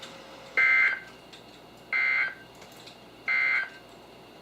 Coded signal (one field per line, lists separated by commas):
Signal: Emergency Alert System (SAME) tones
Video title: EAS #1425-#1434: Direct Hit | KHB36, WMX42, WNG736, & KEC83